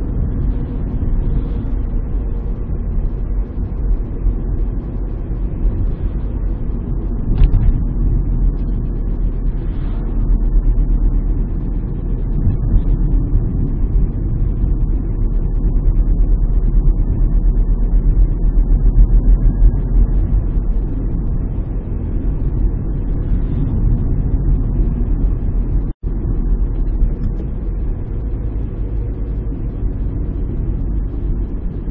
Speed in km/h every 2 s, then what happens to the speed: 50, 48, 46, 44, 42, 41, 41, 41, 42, 46, 45, 44, 44, 41, 38, 36.
0-7 slows to 42. 7-20 steady at about 42. 20-32 slows to 36.